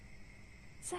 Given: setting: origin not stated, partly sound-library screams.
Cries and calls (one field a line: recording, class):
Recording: one-second piece from a danger detection set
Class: normal situation